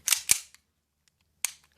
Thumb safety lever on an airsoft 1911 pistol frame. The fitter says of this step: very small safety clicks into place nicely